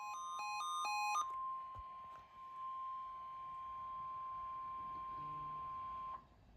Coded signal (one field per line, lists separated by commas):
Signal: Emergency Alert System (SAME) tones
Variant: 1050 Hz attention tone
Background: music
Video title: (EAS #2,369 - #2,372) well that was a letdown… - EAS Alerts from 6/23/25